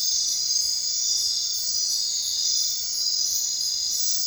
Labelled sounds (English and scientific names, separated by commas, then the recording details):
none
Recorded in secondary vegetation near Puerto Asís, Putumayo, Colombia, on 22 June 2025 at 22:00
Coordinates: 0.499, -76.323
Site G077